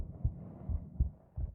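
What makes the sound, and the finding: Heart, microphone against chest. Normal heart sounds.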